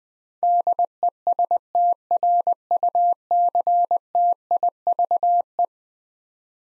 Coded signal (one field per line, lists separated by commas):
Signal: Morse code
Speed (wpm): 21 wpm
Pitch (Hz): 700 Hz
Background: none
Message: DESTRUCTIVE